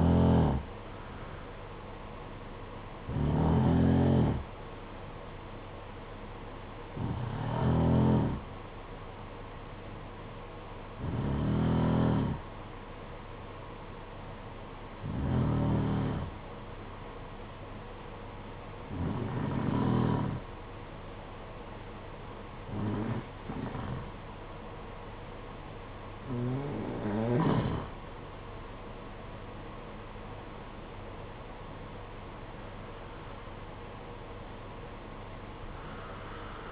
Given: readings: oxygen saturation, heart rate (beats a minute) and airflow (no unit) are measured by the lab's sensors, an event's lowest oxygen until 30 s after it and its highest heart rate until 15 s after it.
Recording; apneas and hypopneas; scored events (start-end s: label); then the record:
breathing in sleep by a voice recorder at the bedside; 1
8.00-31.00 s: hypopnea (N1, oxygen 94% highest, then 92% lowest, heart rate 54 at the start, 57 highest)
From the record:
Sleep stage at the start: N1 (lightest sleep); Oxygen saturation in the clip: 89 to 94%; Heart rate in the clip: 52 to 57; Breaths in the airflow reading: 10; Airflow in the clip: -7.8 to 5.3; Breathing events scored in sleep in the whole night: 476 in 9.7 hours asleep